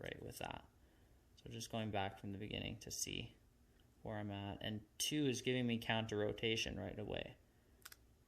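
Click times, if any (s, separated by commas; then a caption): 7.9 s. A pin-tumbler padlock is being picked: the final spool pin sets, the plug rotates and the shackle releases, opening the padlock. Someone talks through most of the clip, then two sharp clicks land at 7.9 s and 7.9 s.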